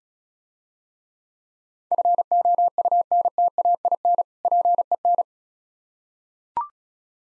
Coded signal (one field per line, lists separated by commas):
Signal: Morse code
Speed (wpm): 36 wpm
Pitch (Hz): 700 Hz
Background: none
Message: FOUNTAIN PEN